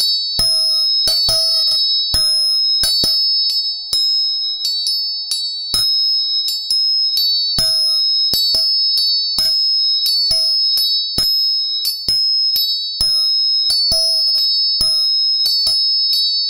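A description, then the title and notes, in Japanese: Three tuning forks hum as steady, bright overlapping tones, while sharp metallic taps strike them over and over, sometimes in quick clusters. 音叉チューニング3本。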